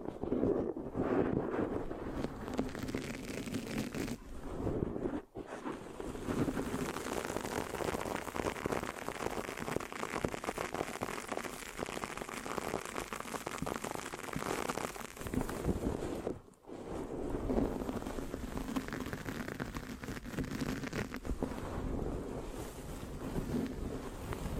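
Continuous dense mic scratching with a rough, rustling texture, steady throughout, briefly stopping around five seconds and again near sixteen and a half seconds.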